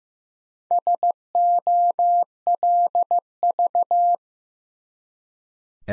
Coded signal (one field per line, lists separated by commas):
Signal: Morse code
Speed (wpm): 15 wpm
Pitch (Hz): 700 Hz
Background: none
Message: SOLV